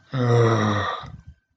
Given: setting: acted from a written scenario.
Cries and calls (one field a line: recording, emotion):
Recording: vocal sound without words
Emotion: guilt